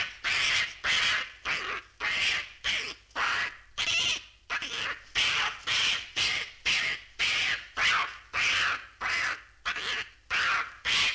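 Monkey squeals, a long series of short harsh shrieks repeated nearly twice a second, without pause.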